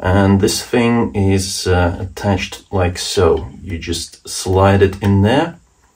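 A plastic WiFi antenna for an ASRock B650E Steel Legend WiFi motherboard is being slid into its adhesive stick-on mounting base while someone talks throughout. Nothing has seated or clicked yet; the clip ends just before the part goes home.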